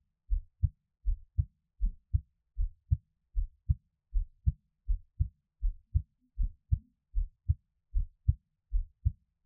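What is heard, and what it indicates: Steady paired low thumps, lub-dub, about 78 beats a minute: an adult's own heartbeat heard up close for Taiwanese ASMR, with no talking.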